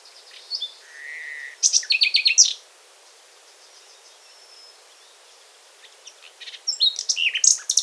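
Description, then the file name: Common nightingale singing: a high chirp, a low steady whistle, then a rapid rattling phrase; after a few seconds of near silence, another quick varied burst of notes. "Luscinia megarhynchos"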